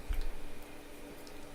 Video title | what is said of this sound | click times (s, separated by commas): Mophie Juice Pack Air for iPhone 5/5s | and you will hear it click | 0.1 s